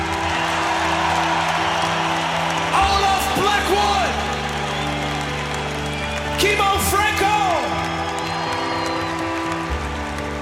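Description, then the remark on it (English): A concert crowd roars and cheers in a steady wash of noise, with two bursts of high, wavering screams and whoops rising above it, plus a low steady hum underneath. “And let me hear you scream”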